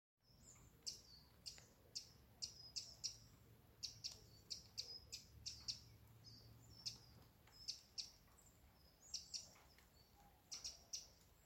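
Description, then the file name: Eurasian wren calls: sharp, very high ticking notes given singly and in short bursts at irregular intervals, over a faint low hum that stops partway through. "Troglodytes troglodytes"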